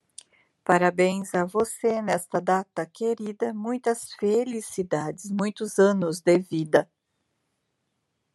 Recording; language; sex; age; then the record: short text; Brazilian Portuguese; female; 50 to 59 years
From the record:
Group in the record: control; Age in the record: 57 years